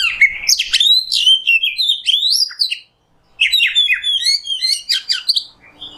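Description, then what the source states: Oriental magpie-robin song: loud, varied whistled and rapid chattering phrases sweeping up and down, a brief pause near three seconds, then another dense burst. Kacer singing in the nembak style; masteran tutor song for training songbirds.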